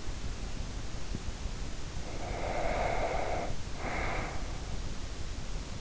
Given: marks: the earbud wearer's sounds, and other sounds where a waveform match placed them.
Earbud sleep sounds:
sounds in sleep by an in-ear microphone; breath
1.76-5.06 s: breath

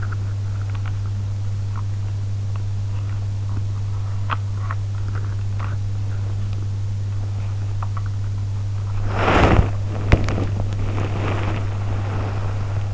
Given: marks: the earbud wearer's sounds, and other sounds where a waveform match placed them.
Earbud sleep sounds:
sounds in sleep by an in-ear microphone; teeth grinding, body movement
0.00-1.87 s: teeth grinding
4.23-5.78 s: teeth grinding
7.77-8.11 s: teeth grinding
9.10-12.94 s: body movement

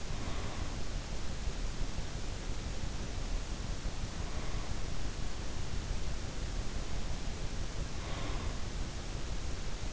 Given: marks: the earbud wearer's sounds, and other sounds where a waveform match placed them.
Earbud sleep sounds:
sounds in sleep by an in-ear microphone; breath
0.00-0.96 s: breath
7.85-8.95 s: breath

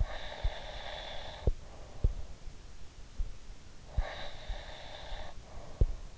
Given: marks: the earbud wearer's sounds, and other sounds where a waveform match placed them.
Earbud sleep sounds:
sounds in sleep by an in-ear microphone; breath
0.21-2.35 s: breath
3.98-6.18 s: breath

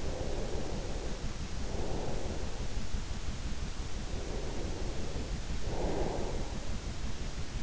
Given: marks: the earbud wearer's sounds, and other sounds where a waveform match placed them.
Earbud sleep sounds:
sounds in sleep by an in-ear microphone; breath
0.00-2.57 s: breath
4.14-6.50 s: breath

